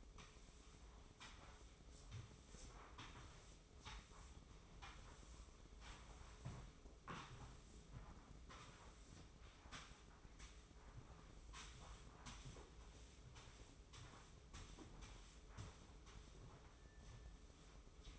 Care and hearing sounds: daily activity, microphone in the room; sweep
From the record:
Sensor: 1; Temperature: 24.1 degrees Celsius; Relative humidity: 31.5%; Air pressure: 995.9 hPa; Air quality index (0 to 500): 67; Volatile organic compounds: 3 ppm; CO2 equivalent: 1360 ppm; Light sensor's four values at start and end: 30/104/40/42 and 29/102/39/41

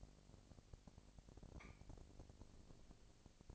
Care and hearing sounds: daily activity, microphone in the room; no activity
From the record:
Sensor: 5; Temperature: 20.1 degrees Celsius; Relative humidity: 38.3%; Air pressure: 998.9 hPa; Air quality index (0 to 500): 218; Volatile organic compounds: 24 ppm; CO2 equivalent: 2807 ppm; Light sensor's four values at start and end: 2/3/1/1 and 2/3/1/1

